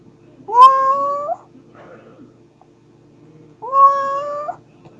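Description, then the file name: Domestic cat meowing twice, each meow a drawn-out, slightly rising harmonic call lasting under a second, about three seconds apart, with a quiet hum underneath. Pet cat. "My Cat Cammi Meowing"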